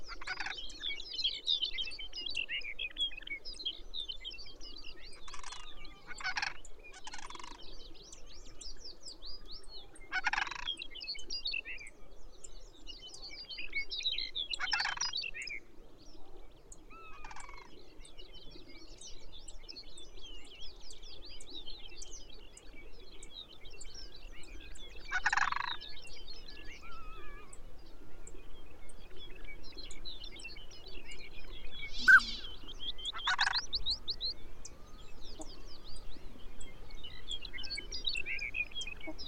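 Arctic birds call and sing almost without pause: thin, bright twittering songs run throughout, with several loud, harsh rattling calls, likely ptarmigan, breaking in around 6, 10, 15, 25 and 32–34 seconds. A low, steady murmur sits underneath the whole time.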